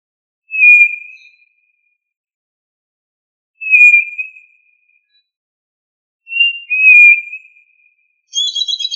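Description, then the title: Tinamou calling with clear, level whistled notes tailing off, repeated every three seconds or so, one doubled; a brief buzzy chatter from another bird at the end. "Familia Tinamidae - Quail - Puyuh"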